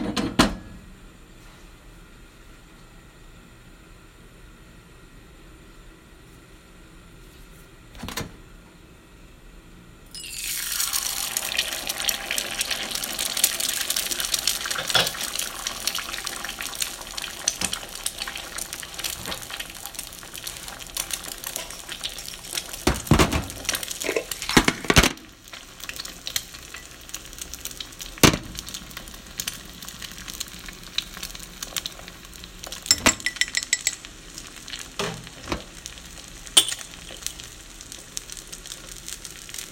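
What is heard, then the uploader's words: An egg hits the pan around ten seconds and starts frying, a bright dense sizzle with crackles and clicks, easing slightly after twenty-five seconds. Frying a Sunny-side-up Egg.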